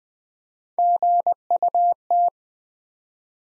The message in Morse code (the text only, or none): GUT